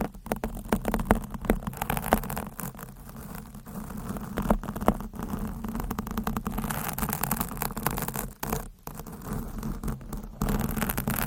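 Scratching and rubbing fill all eleven seconds, a dense, busy hiss of quick strokes with a low, steady murmur underneath. Sharp taps and clicks punctuate it irregularly, and the texture briefly thins out around eight and a half seconds before resuming.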